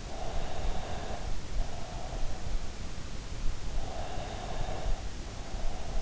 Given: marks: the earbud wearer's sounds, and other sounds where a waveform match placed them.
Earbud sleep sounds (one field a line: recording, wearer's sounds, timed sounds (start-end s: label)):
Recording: sounds in sleep by an in-ear microphone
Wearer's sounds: breath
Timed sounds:
0.00-2.67 s: breath
3.88-5.99 s: breath